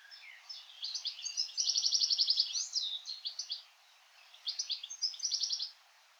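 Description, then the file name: European goldfinch giving chattering, liquid twitters with rapid buzzy trills in two bursts separated by a short pause. "Carduelis carduelis"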